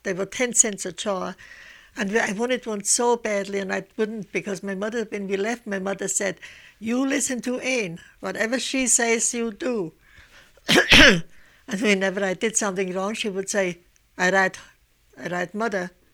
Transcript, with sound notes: They were ten cents a jar, and I wanted one so badly, and I couldn't because my mother had, when we left my mother had said, "You listen to Anne. Whatever she says, you do." ( she clears her throat ) So whenever I did something wrong, she would say, "I write, I write Mother."